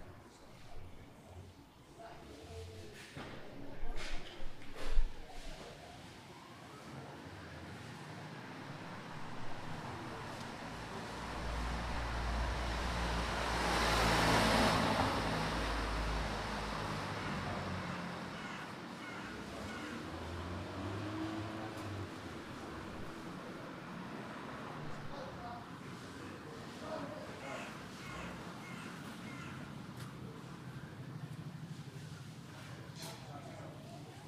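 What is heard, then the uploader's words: A busy street in the morning, with a vehicle passing around fourteen seconds, sharp knocks near five seconds, and murmured voices throughout. Opening Up: Commercial Street at 9am. Part of the Sound Map Of Harrogate.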